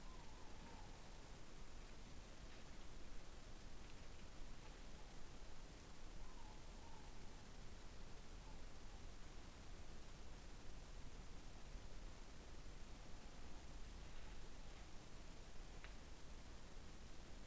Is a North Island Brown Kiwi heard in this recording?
no